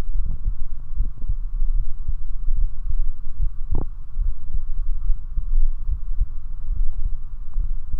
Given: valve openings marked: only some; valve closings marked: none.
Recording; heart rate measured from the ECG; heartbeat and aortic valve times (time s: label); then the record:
heart sounds by stethoscope; 72 bpm
0.18 s: heartbeat (ECG mark)
0.25 s: aortic valve opens (echo mark)
1.00 s: heartbeat (ECG mark)
1.08 s: aortic valve opens (echo mark)
1.79 s: heartbeat (ECG mark)
1.86 s: aortic valve opens (echo mark)
2.60 s: heartbeat (ECG mark)
3.42 s: heartbeat (ECG mark)
3.51 s: aortic valve opens (echo mark)
4.24 s: heartbeat (ECG mark)
4.32 s: aortic valve opens (echo mark)
5.07 s: heartbeat (ECG mark)
5.91 s: heartbeat (ECG mark)
6.75 s: heartbeat (ECG mark)
6.83 s: aortic valve opens (echo mark)
7.63 s: heartbeat (ECG mark)
From the record:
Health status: healthy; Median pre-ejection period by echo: 74 ms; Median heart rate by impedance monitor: 73 bpm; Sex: male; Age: 29 years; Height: 170 cm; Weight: 92 kg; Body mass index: 31.83